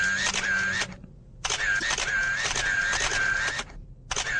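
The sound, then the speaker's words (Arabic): Rapid bursts of camera shutter clicks fire in quick succession as someone presses the button of a camera, broken into runs by short pauses, each run carrying a thin, high mechanical whir. No one speaks. “من رعب خالد ومن خوفه ضغط على زرار الكاميرا بتاعه”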